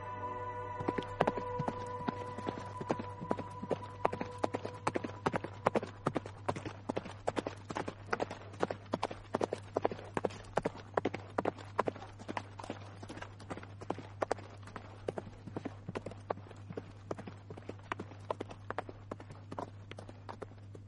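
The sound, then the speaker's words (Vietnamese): Horse hooves gallop as a rider continues westward, a steady, fast rhythm of sharp clattering beats over a constant low hum, with a brief tonal ringing near the start. “Trường Sinh bèn gọi Hắc công tử trở lại, xác định vết thương của nó lành hẳn, liền lên ngựa tiếp tục chạy về phía Tây.”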